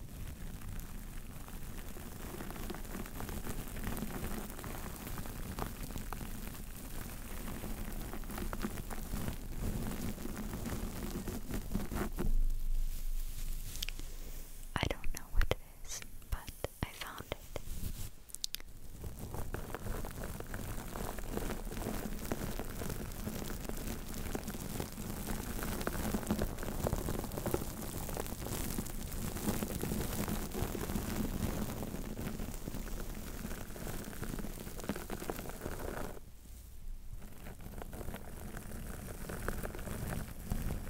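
Bare mic triggers: a dense, steady rustling and crackling scrape runs almost the whole way, sounding like rain on a surface. Around 12 to 19 seconds the texture drops away to sharp, sparse taps and clicks, with another brief break near 36 seconds.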